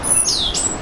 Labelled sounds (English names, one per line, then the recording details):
Stitchbird song
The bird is a male
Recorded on Tiritiri Matangi Island, New Zealand, in 2005
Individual 9, of nest box 11